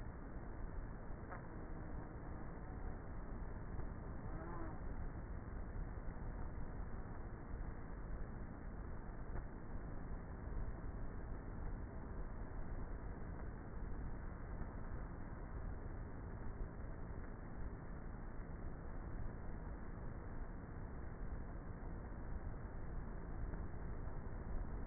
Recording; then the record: honeybee colony, microphone inside the hive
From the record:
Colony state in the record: queenless with a low population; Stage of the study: before two queens were removed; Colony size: about 30,000 bees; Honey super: no